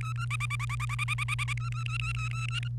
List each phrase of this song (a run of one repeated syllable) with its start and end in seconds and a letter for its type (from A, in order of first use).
0.01-0.25 A, 0.30-1.53 B, 1.57-2.68 A